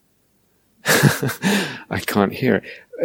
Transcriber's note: laughs